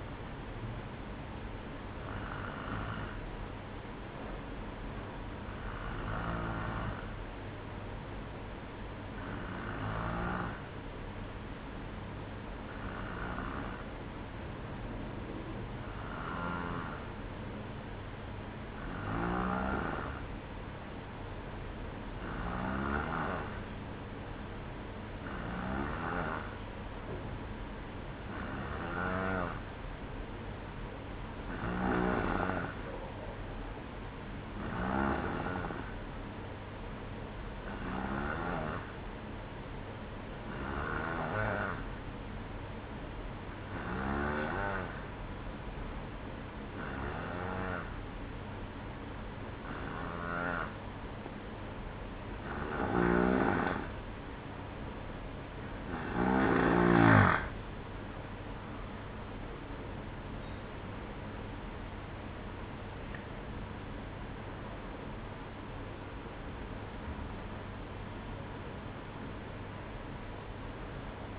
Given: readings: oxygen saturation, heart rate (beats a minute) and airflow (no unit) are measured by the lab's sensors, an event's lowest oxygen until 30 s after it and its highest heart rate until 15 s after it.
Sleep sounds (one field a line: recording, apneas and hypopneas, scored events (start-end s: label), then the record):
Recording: breathing in sleep by a voice recorder at the bedside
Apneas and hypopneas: 1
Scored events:
12.00-58.70 s: hypopnea (N2, oxygen 94% highest, then 90% lowest, heart rate 60 at the start, 71 highest)
63.00-71.39 s: new sleep stage, N1 (lightest sleep)
From the record:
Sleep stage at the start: N2 (light sleep)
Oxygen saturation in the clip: 91 to 94%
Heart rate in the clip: 58 to 71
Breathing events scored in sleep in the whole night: 305 in 9.6 hours asleep